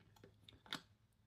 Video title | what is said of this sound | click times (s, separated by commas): 1080p HD Sports Action Camera - How to Use Accessories & Attachments with it | it like this, and simply click into place. | 0.7 s